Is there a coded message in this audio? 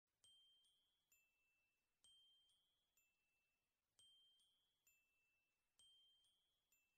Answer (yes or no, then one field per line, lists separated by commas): no